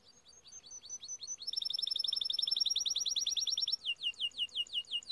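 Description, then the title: Timbrado canary singing. Spaced chirps lead into a fast, buzzing rolled trill under a steady high whistle, then the song breaks into measured, swooping falling notes. Timbrado breed of canary; song used as a training video. "Canary Bird Singing - Timbrado training video"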